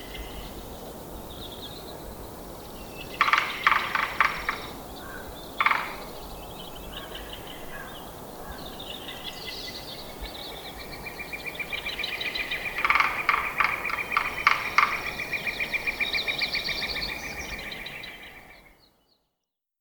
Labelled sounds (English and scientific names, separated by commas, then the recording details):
Red-naped Sapsucker (Sphyrapicus nuchalis) drumming
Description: Red-naped Sapsucker drum recorded in Horseshoe Park in Rocky Mountain National Park
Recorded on 19 May 2016